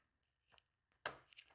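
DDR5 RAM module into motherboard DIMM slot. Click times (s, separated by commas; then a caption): 1.1 s. With the retention tabs on a motherboard DIMM slot opened, a DDR5 memory stick is pushed into the slot and latches in with a sharp, loud click at 1.1 s. A softer tap comes before it at about 0.6 s, and fainter ticks follow around 1.3–1.4 s as the module locks into place.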